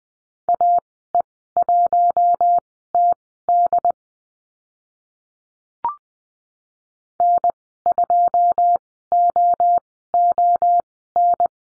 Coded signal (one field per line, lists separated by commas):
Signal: Morse code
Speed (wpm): 20 wpm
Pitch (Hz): 700 Hz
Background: none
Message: AE1TD N2OON